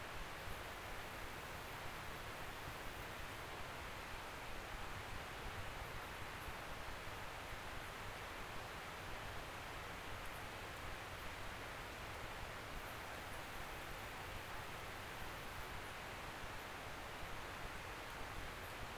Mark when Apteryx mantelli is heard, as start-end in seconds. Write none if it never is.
none